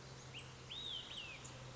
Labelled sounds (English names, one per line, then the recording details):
Olive-sided Flycatcher
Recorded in Sonoma County, California